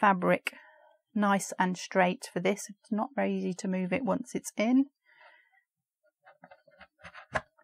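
Someone talks while embroidery fabric is stretched in a snap-type frame, followed by a few quiet handling sounds. A clip is then pressed down over the fabric onto the frame bar and snaps into place at 7.4 s, seating the clip on the frame.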